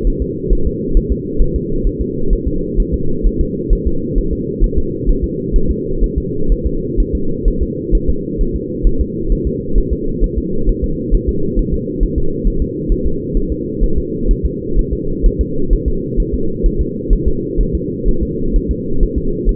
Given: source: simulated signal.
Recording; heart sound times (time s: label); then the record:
fetal heart sounds
0.07 s: S1
0.22 s: S2
0.53 s: S1
0.67 s: S2
0.97 s: S1
1.12 s: S2
1.42 s: S1
1.56 s: S2
1.87 s: S1
2.01 s: S2
2.33 s: S1
2.48 s: S2
2.80 s: S1
2.94 s: S2
3.27 s: S1
3.41 s: S2
3.73 s: S1
3.87 s: S2
4.18 s: S1
4.33 s: S2
4.64 s: S1
4.78 s: S2
5.09 s: S1
5.24 s: S2
5.56 s: S1
5.71 s: S2
6.04 s: S1
6.18 s: S2
6.52 s: S1
6.67 s: S2
7.00 s: S1
7.15 s: S2
7.48 s: S1
7.63 s: S2
7.95 s: S1
8.09 s: S2
8.41 s: S1
8.56 s: S2
8.87 s: S1
9.01 s: S2
9.32 s: S1
9.47 s: S2
9.78 s: S1
9.93 s: S2
10.24 s: S1
10.38 s: S2
10.69 s: S1
10.84 s: S2
11.15 s: S1
11.29 s: S2
11.59 s: S1
11.74 s: S2
12.03 s: S1
12.18 s: S2
12.47 s: S1
12.62 s: S2
12.92 s: S1
13.06 s: S2
13.37 s: S1
13.52 s: S2
13.84 s: S1
13.98 s: S2
14.31 s: S1
14.46 s: S2
14.79 s: S1
14.93 s: S2
15.26 s: S1
15.41 s: S2
15.73 s: S1
15.88 s: S2
16.20 s: S1
16.34 s: S2
16.66 s: S1
16.81 s: S2
17.13 s: S1
17.28 s: S2
17.61 s: S1
17.75 s: S2
18.09 s: S1
18.23 s: S2
18.56 s: S1
18.71 s: S2
19.03 s: S1
19.18 s: S2
19.49 s: S1
From the record:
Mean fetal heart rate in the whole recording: 130 bpm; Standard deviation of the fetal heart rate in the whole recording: 4 bpm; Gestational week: 38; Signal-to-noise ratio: -8.1 dB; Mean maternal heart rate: 72 bpm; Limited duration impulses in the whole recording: absent